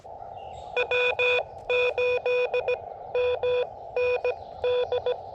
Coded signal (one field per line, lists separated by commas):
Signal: Morse code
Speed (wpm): 17 wpm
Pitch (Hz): 500 Hz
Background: none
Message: W8MND